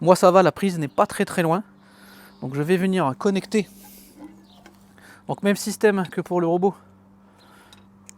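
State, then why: Seated. Someone talks while pushing the waterproof plug of a Mammotion Yuka robot mower's RTK antenna cable into the power-supply lead, with a low steady hum underneath. A sharp click at 8.1 s marks the connector seating, and the joint is now sealed.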